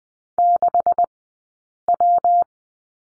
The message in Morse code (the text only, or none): 6W